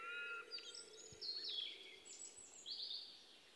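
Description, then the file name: Common blackbird giving a low clear whistle, then high squeaky and buzzy twittered notes in short bursts, with a hiss of background noise. "Turdus merula"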